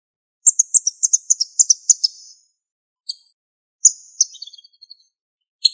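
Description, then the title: Bird song of high, thin chirps in a quick run of about twelve notes, followed by short pauses and scattered sharp tweets and a brief trill. "LuckyPassaro Completos2Sama"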